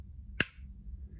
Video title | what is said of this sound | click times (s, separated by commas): LEVITON'S DIY OUTLETS ARE CHANGING THE GAME! ELECTRICIANS ARE SHOCKED | boom you clip it in I don't know if you guys heard that | 0.4 s